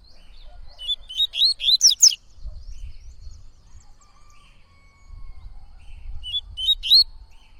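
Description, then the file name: Yellow-bellied seedeater giving two short phrases of high, twisting whistles, the second a few seconds after the first, over a low rumbling background. "canto de coleiro baiano"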